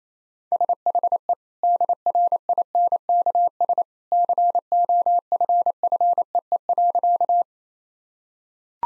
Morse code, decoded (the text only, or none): SHE DRINKS COFFEE.